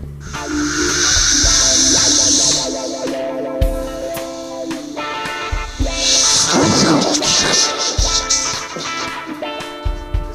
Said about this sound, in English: That's the whip smashing through the side of your house from the UK. I'll whip it again so you can see it. Move the telly out of the way slowly. That's it ripping out the side of your house.